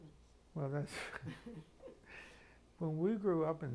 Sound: chuckles

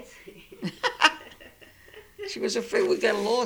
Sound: they laugh

